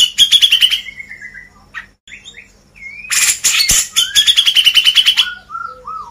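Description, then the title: Grey-cheeked bulbul song: rapid buzzy note series alternating with short whistled slurs and scattered chirps, then a second fast repeated run ending in soft descending whistles. "CUCAK JENGGOT"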